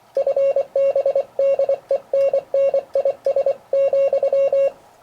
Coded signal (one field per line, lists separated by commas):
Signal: Morse code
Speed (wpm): 24 wpm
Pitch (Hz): 550 Hz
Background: none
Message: FB DENNIS,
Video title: Morse Code and Ham Radio